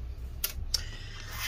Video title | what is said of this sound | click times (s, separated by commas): 2021 14" Inch M1 MacBook Pro A2442 Disassembly Coffee Liquid Spill Sticky Keyboard Cleanup Repair | and then click that in | 0.4 s, 0.8 s